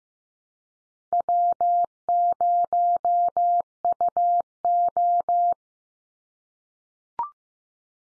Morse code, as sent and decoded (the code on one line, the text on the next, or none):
.-- ----- ..- ---
W0UO